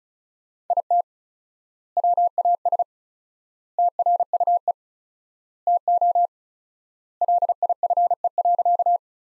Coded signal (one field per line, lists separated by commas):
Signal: Morse code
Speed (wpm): 36 wpm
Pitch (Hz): 700 Hz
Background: none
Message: IT WAS TRUE TO LIFE.